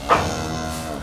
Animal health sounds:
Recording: contact call of a hoofed animal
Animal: cattle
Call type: low-frequency (closed-mouth) or high-frequency (open-mouth) call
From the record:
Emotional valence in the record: negative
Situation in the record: physical separation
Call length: 1.03 s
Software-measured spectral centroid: 2830 Hz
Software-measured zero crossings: 3030 a second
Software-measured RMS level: -23 dBFS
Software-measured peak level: -2 dBFS

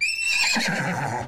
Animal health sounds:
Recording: contact call of a hoofed animal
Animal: horse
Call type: whinny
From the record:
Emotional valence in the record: positive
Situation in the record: reunion with the whole group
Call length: 1.28 s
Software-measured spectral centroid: 3760 Hz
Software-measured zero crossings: 4640 a second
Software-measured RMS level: -24 dBFS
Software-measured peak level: -12 dBFS

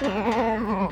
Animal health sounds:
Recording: contact call of a hoofed animal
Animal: goat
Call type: low-frequency (closed-mouth) or high-frequency (open-mouth) call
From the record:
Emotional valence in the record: negative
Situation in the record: short social isolation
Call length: 0.92 s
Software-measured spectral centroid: 1420 Hz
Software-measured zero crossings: 1440 a second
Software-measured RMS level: -24 dBFS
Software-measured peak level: -13 dBFS

